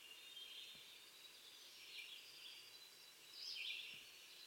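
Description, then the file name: Winter wren song: faint, high, rapid notes over a steady hiss, loudest around two and three and a half seconds. "Troglodytes hiemalis - Winter Wren"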